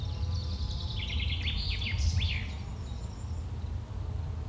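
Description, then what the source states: Birds giving a short flurry of quick, sharp chirps and descending trills in the first half, fading afterward, against a continuous low background rumble. Birds chirping on a field with a farm nearby.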